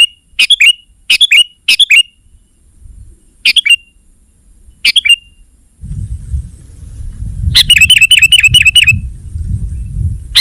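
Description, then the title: Sooty-headed bulbul song: several quick bright chirps, then a fast chattering burst of repeated notes over a steady low rumble. "kutilang"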